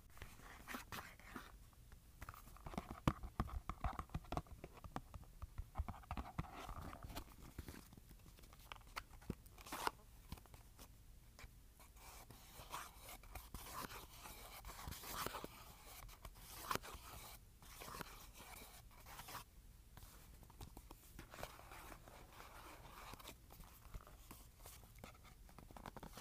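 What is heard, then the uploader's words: Fingers scratch and tap on cardboard in a busy, uneven stream of dry rasps and sharp clicks, with louder taps near 3, 10 and 15 seconds. ASMR Scratching and Tapping Cardboard.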